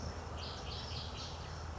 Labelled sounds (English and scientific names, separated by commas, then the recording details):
Red-winged Blackbird (Agelaius phoeniceus)
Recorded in Sonoma County, California